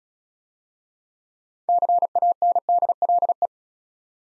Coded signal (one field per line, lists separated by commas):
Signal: Morse code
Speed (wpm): 34 wpm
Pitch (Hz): 700 Hz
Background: none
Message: CANDLE